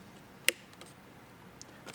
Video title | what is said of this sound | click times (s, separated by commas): 2007-2018 Jeep Wrangler JK/JKU: How to install Rokblokz Quick detach Mud Flaps | until they click just like so | 0.5 s